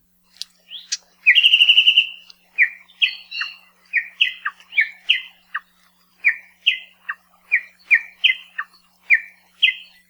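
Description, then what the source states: Japanese bush warbler song: a few sharp opening notes and a harsh rasping burst, then a long run of clear, paired whistled notes. Second main song type, mostly a long descending series of double notes; sung only by males to advertise territories and attract females; called uguisu in Japan, where it is seen as a first sign of spring.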